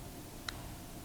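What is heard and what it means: A headlight switch shaft is wiggled into the switch body until its pintle catches the lock plate, with a single short, sharp click at 0.5 s over a quiet background. The shaft has seated, after needing some play to get around a manufacturing tolerance in the angle it goes in, which the rheostat can affect.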